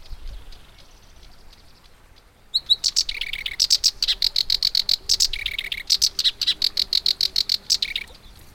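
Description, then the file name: Black-browed reed warbler song, a quiet start then a fast chattering run of loud, buzzy, repeated notes that switch between higher and lower phrases for about six seconds. "warbler-black-browed-reed -Acrocephalus-bistrigiceps"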